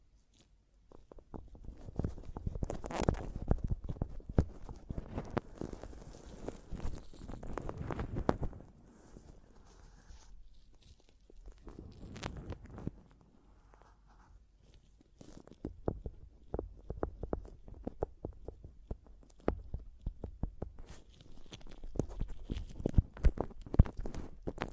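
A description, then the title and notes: Tapping and scratching on a microphone, a dense run of sharp knocks and rubbing from about one to eight seconds. After a quieter stretch with a few scattered taps, the knocking picks up again from around fifteen seconds to the end, irregular and thumpy with scraping between hits. ASMR Mic Tapping and Scratching (No Talking).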